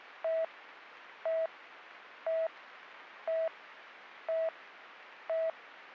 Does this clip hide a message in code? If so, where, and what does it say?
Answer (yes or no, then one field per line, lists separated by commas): no